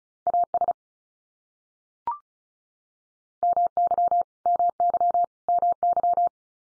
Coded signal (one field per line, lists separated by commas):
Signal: Morse code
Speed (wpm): 34 wpm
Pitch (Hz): 700 Hz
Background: none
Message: AS MY MY MY